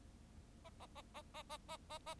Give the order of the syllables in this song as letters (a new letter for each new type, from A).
A A A A A A A A A